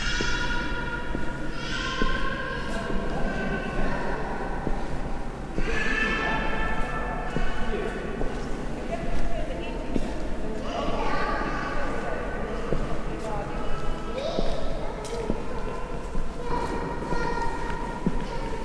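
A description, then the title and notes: Ambience inside York Minster: a steady murmur of many voices, with a few clearer, rising voices or calls breaking through every few seconds. Cathedral Ambiance | York Minster. This binaural field recording captures the essence of the cathedral's serene atmosphere.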